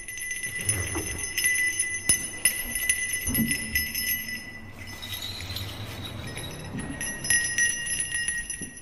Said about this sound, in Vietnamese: Ông thầy từ từ bước ở trên bờ, theo sự chuyển động của cái thân cây, tay thầy chốc chốc lại gõ lên tiếng mõ con con vang vọng, tay kia rung lên những tiếng chuông nghe vang vọng cả khúc sông.